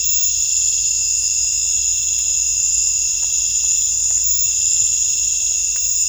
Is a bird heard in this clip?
no